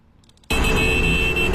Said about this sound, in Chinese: 在海淀黄庄路口，一辆尾号是28的小轿车连续按喇叭，声音刺耳。这一幕被新增设的声纳电子警察记录下来，小轿车的车牌号立即出现在路边竖立的电子显示屏上。